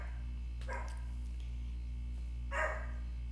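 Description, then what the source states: Toy poodle barks: two short, sharp yaps about two seconds apart, over a steady low electrical hum. Pet dog barking in the background.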